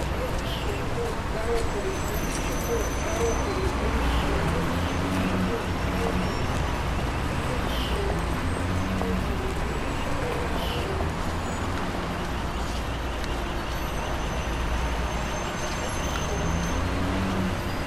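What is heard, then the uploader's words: Street sound recorded along Gorokhovaya Street in Saint Petersburg: a constant, dense rumble of passing traffic with murmuring voices mixed in throughout. Brief brighter squeaks or clinks surface every few seconds, and the overall loudness stays steady. Winter in Saint Petersburg presents a sound art work with field recordings collected in Saint Petersburg. Next, the listener begins a journey along Gorokhovaya Street.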